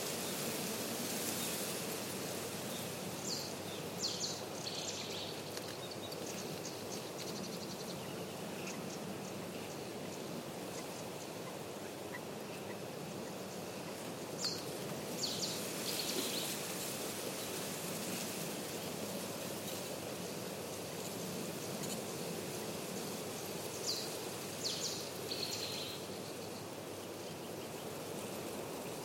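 A steady outdoor wash of noise runs through the whole recording, dense and unchanging, with a low rumble underneath. Faint bird calls flicker in the high range now and then, clustering around the middle and again near the end.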